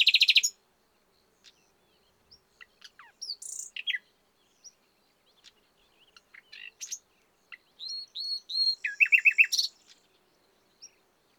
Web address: SETE Luscinia megarhynchos